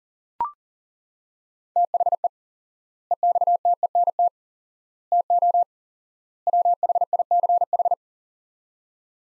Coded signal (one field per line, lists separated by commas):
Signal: Morse code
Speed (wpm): 40 wpm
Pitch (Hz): 700 Hz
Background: none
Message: THE EXTENT TO WHICH